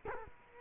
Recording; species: mosquito wingbeat signal from an infrared sensor; Culex quinquefasciatus